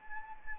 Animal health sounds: mosquito wingbeat signal from an infrared sensor; Anopheles arabiensis

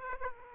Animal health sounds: mosquito wingbeat signal from an infrared sensor; Aedes aegypti

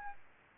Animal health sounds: mosquito wingbeat signal from an infrared sensor; Aedes albopictus

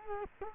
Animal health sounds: mosquito wingbeat signal from an infrared sensor; Culex quinquefasciatus

